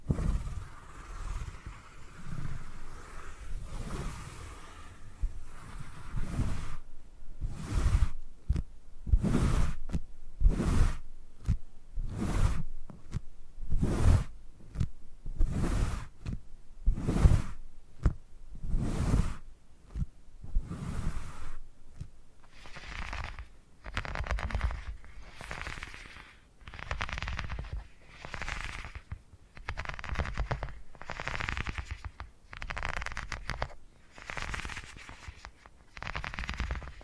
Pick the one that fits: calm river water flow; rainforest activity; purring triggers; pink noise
purring triggers